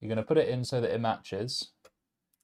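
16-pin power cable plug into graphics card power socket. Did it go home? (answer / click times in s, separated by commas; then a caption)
yes / 1.9 s, 2.3 s. Someone talks while pushing a 16-pin power cable plug into the power socket of an RTX 5090 graphics card, bracing the bottom of the card with the other hand so the riser doesn't bend. Two short clicks follow at 1.9 s and 2.3 s, and the connector is seated. Because the click alone is not enough to guard against melting from a partly inserted plug, it is then pushed firmly three more times.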